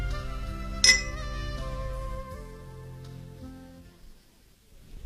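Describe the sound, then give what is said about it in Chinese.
Two glasses clink once in a toast, a single bright ringing tap that lingers briefly over a low, steady bed of soft music, with no one speaking. “好吧，我 亲爱的，干杯。”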